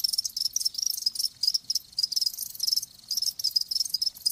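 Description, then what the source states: Crickets giving rapid high chirps in clustered bursts separated by short quiet breaks. Live crickets chirping.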